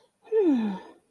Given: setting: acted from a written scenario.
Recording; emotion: vocal sound without words; contentment